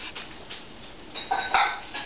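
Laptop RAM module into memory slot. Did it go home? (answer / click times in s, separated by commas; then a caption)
no / none. A second RAM module is handled into the memory slot of an HP laptop during a black-screen repair, with quiet rustling and light plastic contact, then a sharp bright tap around 1.5 s. The module has not seated or clicked into place yet.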